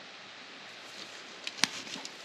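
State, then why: Seated. A new rubber O-ring or cap is pressed onto a fuel injector body from a 1993 F150 while the injector is being rebuilt with new O-rings. Faint rustling and small taps lead up to a sharp pop at 1.6 s as the part seats into place, confirmed.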